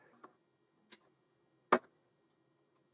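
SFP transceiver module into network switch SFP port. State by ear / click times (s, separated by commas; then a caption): seated / 1.7 s. SFP transceiver modules are pushed into a network switch's SFP ports, and the gold connector latch is clicked up. Two faint ticks come at about 0.2 s and 0.9 s, then a sharp, much louder click at 1.7 s as the module locks into place. The module is seated.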